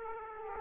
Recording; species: mosquito wingbeat signal from an infrared sensor; Aedes aegypti